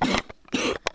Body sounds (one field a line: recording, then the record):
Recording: coughing mixed with background sound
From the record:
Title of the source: 60 coughing still (deep and wet cough)